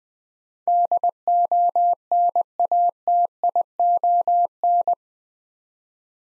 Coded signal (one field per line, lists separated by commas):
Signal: Morse code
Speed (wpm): 21 wpm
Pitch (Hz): 700 Hz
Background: none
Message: DONATION